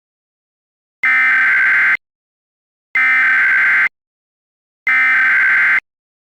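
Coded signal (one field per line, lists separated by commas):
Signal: Emergency Alert System (SAME) tones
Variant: header bursts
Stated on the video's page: California required monthly test.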